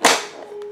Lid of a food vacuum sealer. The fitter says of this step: make sure you hear the click